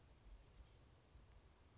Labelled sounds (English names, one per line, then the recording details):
Oak Titmouse
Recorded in Sonoma County, California